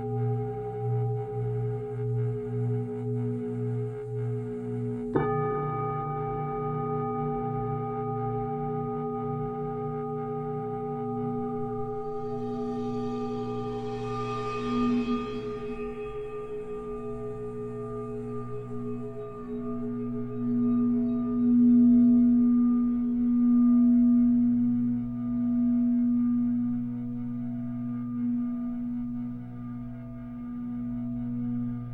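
Tibetan singing bowls ring and resonate in long, sustained tones, with a low pulsing hum underneath from the start. A bowl is struck sharply at about five seconds, adding a bright ringing tone that fades slowly, while a soft shimmer rises briefly around fifteen seconds.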